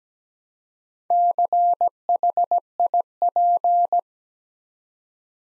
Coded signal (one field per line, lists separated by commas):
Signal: Morse code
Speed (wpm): 17 wpm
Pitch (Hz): 700 Hz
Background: none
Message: CHIP